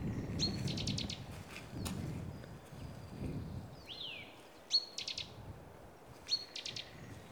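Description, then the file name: Great tit calls: a sharp high note then a run of rapid rasping chur notes, heard three times, with a downward-sliding note from another bird and low rumbling noise. "Parus major"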